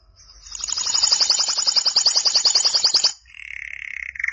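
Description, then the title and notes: Canary singing a long, very rapid high trill of evenly repeated notes, followed by a steadier lower rolling tone. "BM Suara Kenari. BM Suara Burung Kenari"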